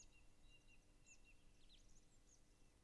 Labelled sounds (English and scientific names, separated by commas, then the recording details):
Song Thrush (Turdus philomelos)
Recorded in Germany
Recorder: ecoPi